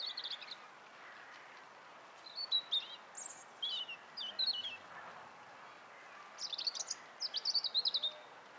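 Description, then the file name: European robin delivering short, high, tinkling phrases with rapid trills and thin descending notes, broken by brief silences. "Erithacus rubecula"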